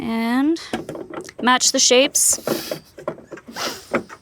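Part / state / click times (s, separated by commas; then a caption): headlight bulb into headlight housing / seated / 3.9 s. A replacement headlight bulb is lined up with the shapes of the headlight housing and turned to the right until it locks, while someone talks. Brief knocks come at about 3.1 and 3.3 seconds, then one little click at 4.0 seconds as the bulb seats nice and snug.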